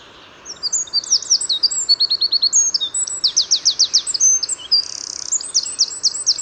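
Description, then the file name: Eurasian wren song, a rapid high-pitched cascade of sharp notes and fast trills, including a dry rattling trill near the end, delivered loudly without pause. "Troglodytes troglodytes"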